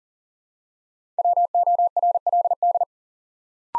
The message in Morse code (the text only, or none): WORLD